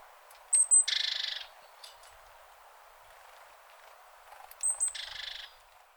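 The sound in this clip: Great tit calls, two bursts each of a couple of thin high notes followed by a harsh buzzy churring rattle, with steady background hiss.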